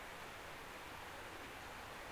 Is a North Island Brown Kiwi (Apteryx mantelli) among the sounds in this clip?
no